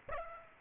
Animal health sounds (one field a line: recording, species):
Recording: mosquito wingbeat signal from an infrared sensor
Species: Aedes aegypti